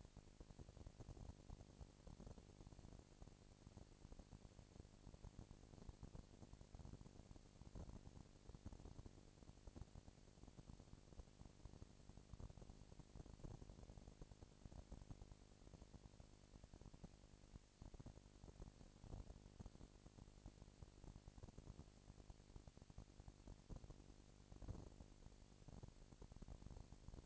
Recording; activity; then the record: daily activity, microphone in the room; no activity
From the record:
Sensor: 5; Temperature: 19.8 degrees Celsius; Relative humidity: 36.6%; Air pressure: 997.2 hPa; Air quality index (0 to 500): 169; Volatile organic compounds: 14 ppm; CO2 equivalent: 2440 ppm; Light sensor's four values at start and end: 2/3/1/1 and 2/3/1/1